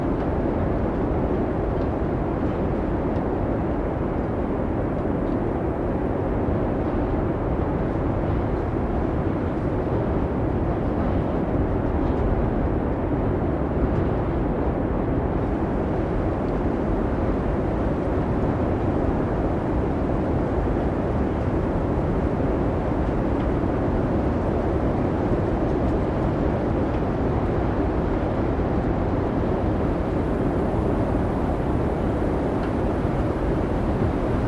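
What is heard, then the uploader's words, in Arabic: A blizzard's wind roars without pause, a thick, heavy rumble weighted toward the low end with a hissing wash above it. The level holds steady for the whole stretch, with only small surges and no quiet gaps or separate events. عاصفة ثلجية أيسلندية ورياح عويلة. تم التقاطها طوال الليل خلال العاصفة الثلجية الضخمة ديدو في ريكيافيك، وتجربة الأصوات الحقيقية وغير المروضة للرياح العويلة والثلوج الدوارة.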